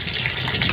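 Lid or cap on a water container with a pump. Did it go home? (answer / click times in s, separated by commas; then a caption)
no / none. A lid or cap is pushed onto a water container fitted with a 12 V DC pump, against a steady rush of water with brief knocks near 0.3, 0.6 and 0.7 seconds. Nothing has locked or clicked yet, and the lid is still loose.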